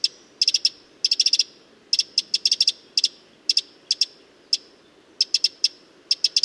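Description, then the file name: Eurasian wren calling with sharp, clicking tick notes, some single and some in fast clusters, continuing almost without pause. "Troglodytes troglodytes"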